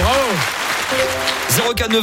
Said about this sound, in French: C'était son premier message. Et bien sûr, ça s'applaudit. Oh ouais, bravo.